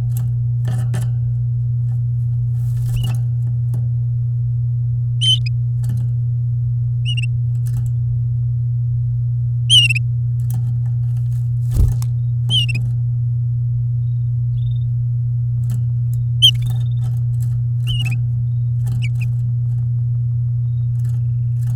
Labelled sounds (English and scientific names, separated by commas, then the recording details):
Domestic Canary (Serinus canaria) song
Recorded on 8 May 2018 at 08:43
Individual llb16